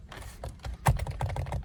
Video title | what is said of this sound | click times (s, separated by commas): HOW TO INSTALL CARBON FIBER STEERING WHEEL!! TOYOTA COROLLA HATCHBACK 2019 2020 2021 2022 | you gotta do is line it up good make sure you feel all those three clicks and you just press down | 0.9 s, 1.2 s, 1.4 s